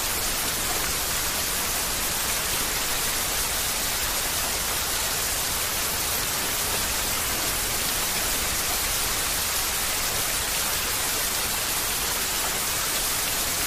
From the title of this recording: Tranquil Heavy Rain and Music